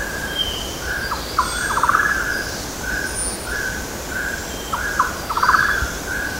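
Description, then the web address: Golden-naped barbet call phrases: clipped level notes leading into a fast stuttering trill, heard twice, with faint high insect or bird notes in the background. Recorded on Mount Kinabalu, Bukit Ular, 14 August 2009. "MTKINABALUBUKITULAR. golden-naped barbet"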